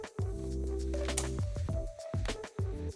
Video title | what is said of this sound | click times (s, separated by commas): VS TAL® Larder (EN) | and that is locked in place. | 1.2 s